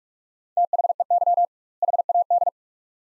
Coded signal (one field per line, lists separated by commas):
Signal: Morse code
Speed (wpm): 47 wpm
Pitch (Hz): 700 Hz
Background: none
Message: THEY HAD